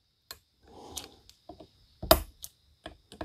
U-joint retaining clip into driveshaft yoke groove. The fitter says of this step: Push it down in. You want to hear that click.